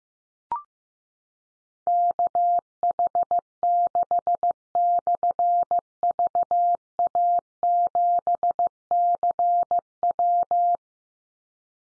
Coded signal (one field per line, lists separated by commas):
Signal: Morse code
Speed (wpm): 15 wpm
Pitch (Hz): 700 Hz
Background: none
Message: KH6/VA7CW